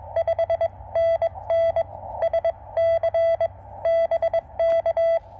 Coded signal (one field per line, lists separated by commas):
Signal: Morse code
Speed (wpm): 22 wpm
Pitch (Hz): 690 Hz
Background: none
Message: 5NN SC BK